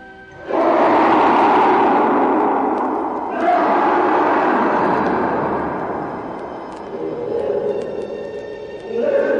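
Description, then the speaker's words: Indian elephants trumpeting, a loud blaring burst followed by further overlapping trumpets from several animals. Four performing Indian elephants at a zoo elephant exhibit in Detroit, recorded 1959; when one trumpets the rest of the group joins in, a sound that alerts every creature in the jungle. "Have you ever heard the trumpet of the Indian elephant?"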